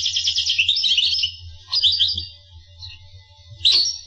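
Finch song: a quick high trill, then softer scattered chirps and a final sharp note, with low hum throughout.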